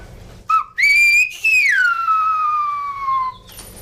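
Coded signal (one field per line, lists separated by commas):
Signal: whistled language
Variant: Silbo Gomero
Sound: a loud human whistle gliding up, holding high, then falling low, in two phrases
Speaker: Entonces yo en este caso voy a llamar a Eugenio.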